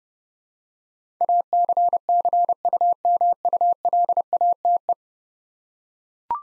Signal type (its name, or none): Morse code